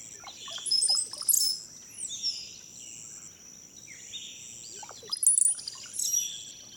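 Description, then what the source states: Brown-headed cowbird gurgling notes and a thin, high, downslurred whistle, with another burst of squeaky whistles near the end; steady high-pitched background hiss. Nominate subspecies Molothrus ater ater.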